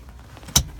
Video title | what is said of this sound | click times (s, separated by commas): 2018 Ford Explorer Platinum Safe and Smart Ecoboost AWD Review- Island Ford | you're ready to put that second row seat back up in its original position simply take your hand underneath and push until it clicks in the upright position | 0.6 s